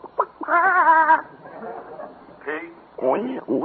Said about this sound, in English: Just an ordinary farm. Have a few chickens.